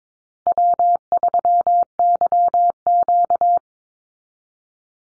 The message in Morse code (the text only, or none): W3YQ